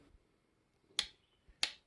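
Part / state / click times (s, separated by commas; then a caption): click-type torque wrench on a cylinder head bolt / torque reached / 1.0 s, 1.6 s. A click-type torque wrench tightens a cylinder head bolt on a small-block engine during a squarebody restoration. Two sharp, bright snaps ring out at 1.0 s and 1.6 s as the wrench clicks at its torque setting.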